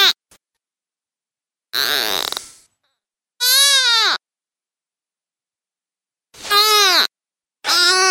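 Deer fawn distress calls: a rough, breathy cry followed by clear, downward-curving bleats spaced a few seconds apart.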